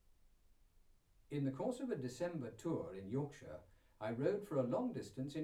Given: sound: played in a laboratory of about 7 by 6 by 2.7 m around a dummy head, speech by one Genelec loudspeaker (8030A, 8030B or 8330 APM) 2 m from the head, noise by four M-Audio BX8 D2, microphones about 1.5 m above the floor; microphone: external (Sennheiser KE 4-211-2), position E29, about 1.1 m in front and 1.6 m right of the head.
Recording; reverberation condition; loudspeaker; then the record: male speech in English; low; 90 degrees to the left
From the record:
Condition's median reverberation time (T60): about 310 ms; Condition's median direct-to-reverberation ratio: about 3.5 dB